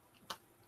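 A plastic action figure head is pushed onto its neck post, giving one sharp pop at 0.3 s. The pop is only the post shifting, and the head is not fully seated.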